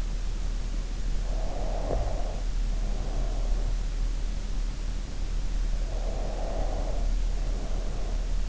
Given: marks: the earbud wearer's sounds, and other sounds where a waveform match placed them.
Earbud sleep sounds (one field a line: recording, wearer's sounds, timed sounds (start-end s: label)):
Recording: sounds in sleep by an in-ear microphone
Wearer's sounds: breath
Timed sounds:
1.00-3.71 s: breath
6.25-8.49 s: breath